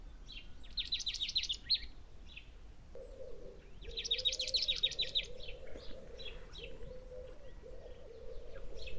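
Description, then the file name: Marsh tit calls: two bursts of rapid, buzzy repeated notes about three seconds apart, with a steady low hum joining partway through and faint chirps between. "Poecile palustris"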